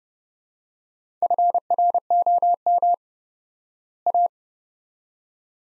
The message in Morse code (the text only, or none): FROM A